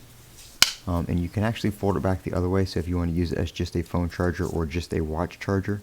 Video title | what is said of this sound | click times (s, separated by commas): MagSafe Duo Charger Unboxing and First Impressions | very satisfying snap when you close it | 0.6 s